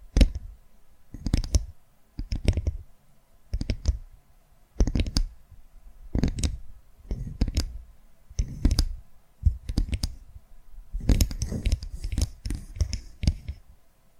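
Tapping comes in short clustered bursts of quick clicks, each group lasting about half a second and arriving every second or so across the whole stretch. The taps are crisp and bright with a soft low thump underneath, and quiet gaps fall between groups.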